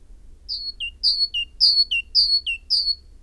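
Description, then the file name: Great tit song: a bright high note dropping to a lower one, the see-saw pair sung several times in a steady rhythm. "Parus major"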